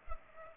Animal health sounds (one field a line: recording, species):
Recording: mosquito wingbeat signal from an infrared sensor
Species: Culex pipiens